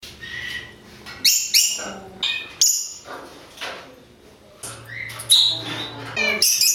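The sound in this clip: Parrot calls: a run of harsh squawks and sharp whistled notes in short bursts.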